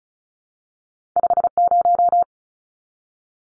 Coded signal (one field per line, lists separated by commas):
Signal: Morse code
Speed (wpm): 34 wpm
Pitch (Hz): 700 Hz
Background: none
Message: 50